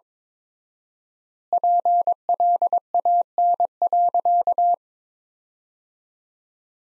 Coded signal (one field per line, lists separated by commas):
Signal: Morse code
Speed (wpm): 21 wpm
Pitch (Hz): 700 Hz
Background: none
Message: PLAN.